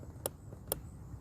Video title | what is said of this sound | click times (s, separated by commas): Blind Spot Mirror Install - anti glare and convexed!! | And you hear that? I don't know if you guys can hear the click. | 0.3 s, 0.7 s